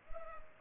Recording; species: mosquito wingbeat signal from an infrared sensor; Culex pipiens